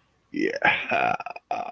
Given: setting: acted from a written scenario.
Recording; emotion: vocal sound without words; desire